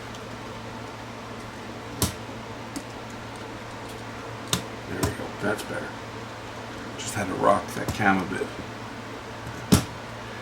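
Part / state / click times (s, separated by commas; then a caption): cam gear into VCR tape transport mechanism / seated / 9.7 s. A cam gear in the tape transport mechanism of a Sony SLV-R1000 S-VHS VCR is rocked into position while someone talks, with several short clicks and knocks along the way. At 9.7 s it drops fully into place with a clean clunk, seated all the way down.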